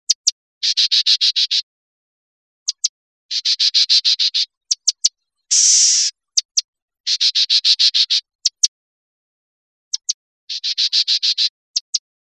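Bird giving rapid rattling series of harsh notes, interspersed with single sharp clicks and one drawn-out hissing buzz in the middle.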